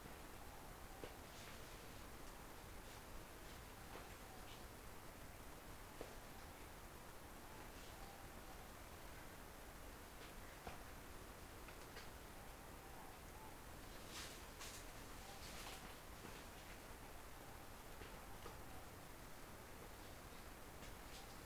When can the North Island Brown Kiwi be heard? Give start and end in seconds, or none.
none